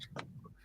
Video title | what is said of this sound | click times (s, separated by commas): Hull & Superstructure: The Build Begins | it literally does just drop in and click into place | 0.0 s, 0.2 s